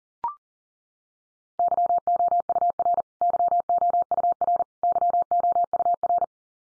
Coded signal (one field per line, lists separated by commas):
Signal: Morse code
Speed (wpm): 40 wpm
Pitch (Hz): 700 Hz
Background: none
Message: YOUR YOUR YOUR